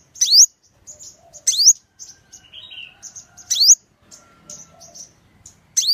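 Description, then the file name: Sunbird song: sharp, very high upslurred notes repeated at intervals, with soft thin twitters and short trills in between. "tieng-hut-mat-5-mau-hot"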